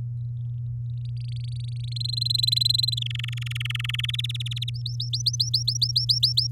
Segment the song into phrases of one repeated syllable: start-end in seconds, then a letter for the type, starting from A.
1.00-1.98 A, 2.00-2.99 B, 3.01-4.16 C, 4.18-4.70 D, 4.74-6.47 E